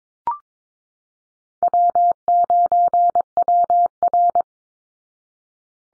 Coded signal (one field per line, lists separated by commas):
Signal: Morse code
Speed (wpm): 22 wpm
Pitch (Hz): 700 Hz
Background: none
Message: W9WR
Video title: Easy Call Signs Repeated 2x 22wpm